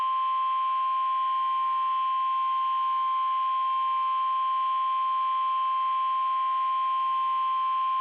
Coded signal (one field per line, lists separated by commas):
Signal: Emergency Alert System (SAME) tones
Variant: 1050 Hz attention tone